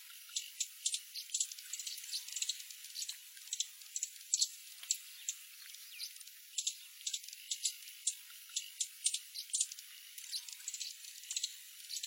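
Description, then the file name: Horned sungem singing a fast series of sharp, high-pitched chips and clicks, irregularly spaced and sustained for the whole stretch. "Canto do chifre de ouro"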